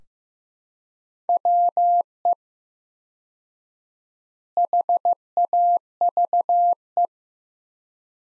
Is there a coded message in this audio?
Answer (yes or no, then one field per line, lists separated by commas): yes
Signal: Morse code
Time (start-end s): 1.3-7.1 s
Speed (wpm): 15 wpm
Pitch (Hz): 700 Hz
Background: none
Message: WE HAVE